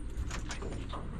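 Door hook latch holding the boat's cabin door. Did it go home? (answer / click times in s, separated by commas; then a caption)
no / none. The door hook latch that holds the cabin door of an aluminum boat open is being handled, with metallic rattling and scraping and faint rumbling throughout the 1.3-second clip. Nothing has seated or clicked yet; the clip ends just before the latch goes home.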